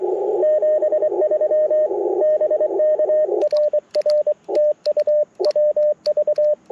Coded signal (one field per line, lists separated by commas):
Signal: Morse code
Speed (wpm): 22 wpm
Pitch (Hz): 600 Hz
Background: radio noise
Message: 73 BK RR TU WV